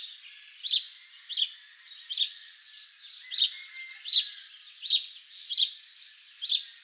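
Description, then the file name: House sparrow giving repeated harsh chirps, about one every three quarters of a second, each a short sharp note with softer scratchy sounds between. "Passer domesticus"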